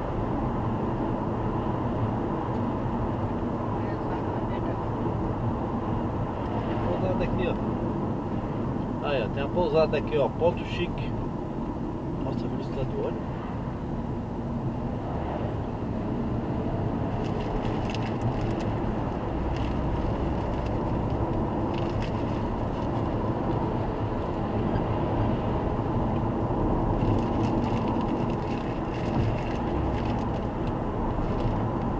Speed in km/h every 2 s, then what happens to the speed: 91, 87, 83, 73, 63, 55, 53, 58, 68, 76, 82, 88, 89, 86, 85, 83.
0-11 slows to 53. 13-22 speeds up to 88.